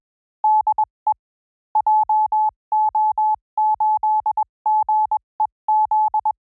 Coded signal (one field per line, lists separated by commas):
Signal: Morse code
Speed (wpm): 21 wpm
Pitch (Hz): 860 Hz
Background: none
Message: DE JO8GEZ